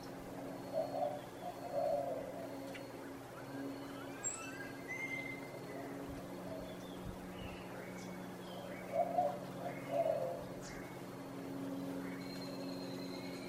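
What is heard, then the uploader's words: Morning on a balcony over the Placencia Sidewalk: doves coo in pairs around one and nine to ten seconds, with scattered bird chirps over a steady low hum. Sounds from the Narrowest Main Street in the World. Early morning on the balcony overlooking what’s recognized to be the narrowest main street in the world – the Placencia Sidewalk in Belize.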